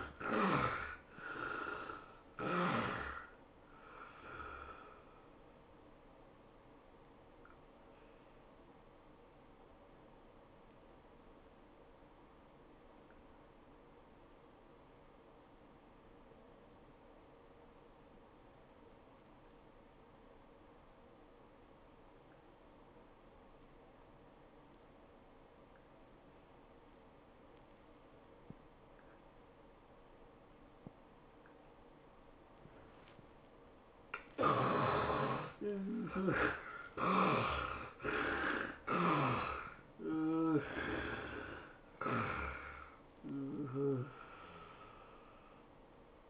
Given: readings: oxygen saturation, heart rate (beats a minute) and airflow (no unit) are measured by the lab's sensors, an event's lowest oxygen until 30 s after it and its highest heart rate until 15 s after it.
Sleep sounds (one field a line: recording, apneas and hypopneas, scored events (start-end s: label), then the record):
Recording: breathing in sleep by a voice recorder at the bedside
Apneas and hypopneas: 1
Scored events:
12.00-35.00 s: obstructive apnea (N2, oxygen 91% highest, then 71% lowest, heart rate 80 at the start, 106 highest)
37.00-46.30 s: new sleep stage, N1 (lightest sleep)
From the record:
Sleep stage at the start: N2 (light sleep)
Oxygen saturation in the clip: 67 to 91%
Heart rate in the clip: 75 to 106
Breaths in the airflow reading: 7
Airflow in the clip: -15.3 to 13.6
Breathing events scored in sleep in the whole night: 403 in 5.5 hours asleep